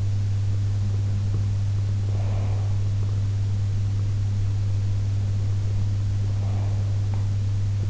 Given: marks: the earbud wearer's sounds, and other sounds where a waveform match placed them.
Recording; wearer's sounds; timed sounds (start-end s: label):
sounds in sleep by an in-ear microphone; breath
1.98-2.89 s: breath
6.28-7.59 s: breath